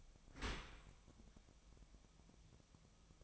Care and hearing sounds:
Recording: daily activity, microphone in the room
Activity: open dishwasher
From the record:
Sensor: 1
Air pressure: 1004.8 hPa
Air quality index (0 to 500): 104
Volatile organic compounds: 3 ppm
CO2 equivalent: 1433 ppm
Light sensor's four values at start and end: 9/22/8/9 and 9/22/8/9

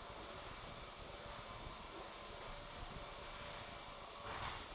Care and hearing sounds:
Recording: daily activity, microphone in the room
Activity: vacuum cleaning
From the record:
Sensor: 5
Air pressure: 1012.0 hPa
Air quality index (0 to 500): 247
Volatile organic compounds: 5 ppm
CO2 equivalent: 1706 ppm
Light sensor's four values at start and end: 36/83/34/35 and 36/83/34/35

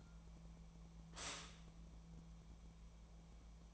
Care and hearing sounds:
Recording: daily activity, microphone in the room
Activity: stop toaster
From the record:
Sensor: 1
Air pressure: 1000.3 hPa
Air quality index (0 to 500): 158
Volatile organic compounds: 3 ppm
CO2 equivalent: 1482 ppm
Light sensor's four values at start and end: 29/72/30/36 and 29/71/30/36

